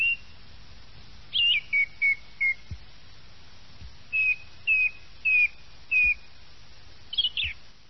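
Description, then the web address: Thrush song of clear whistled notes in short series separated by pauses, ending with a few sharper squeaky notes. Thrush song used as a lure in uccellagione, Italian bird-catching. "Uccellagione canti-film tord"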